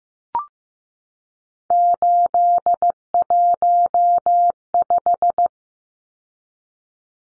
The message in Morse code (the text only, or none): 815